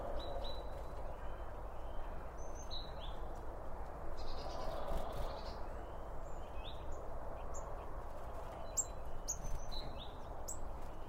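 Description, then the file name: Birds give sporadic high chirps and short twitters, several clicks scattered through, over a low continuous rumble. Birds around a bird feeder; recorded with two Line Audio OM1 microphones. "Birds Around Birdfeeding With Two Om 1 From Line Audio"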